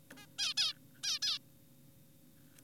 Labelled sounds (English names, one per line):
Zebra Finch